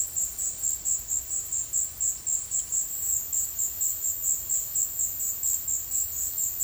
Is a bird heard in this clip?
no